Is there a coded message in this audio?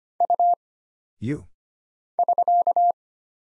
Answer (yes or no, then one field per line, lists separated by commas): yes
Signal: Morse code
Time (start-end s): 0.2-2.9 s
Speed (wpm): 25 wpm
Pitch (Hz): 700 Hz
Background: none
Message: U <SK>